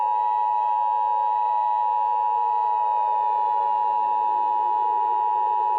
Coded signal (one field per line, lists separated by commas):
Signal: Emergency Alert System (SAME) tones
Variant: 853 and 960 Hz attention tone